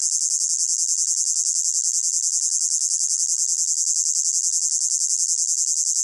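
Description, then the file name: Cicada producing a loud high-pitched buzz that throbs in steady, regular pulses several times per second, continuous from start to finish. Close-up, pulsating, high-pitched buzz. "gain walkers CICADA Close Up Pulsating Buzz High Pitched"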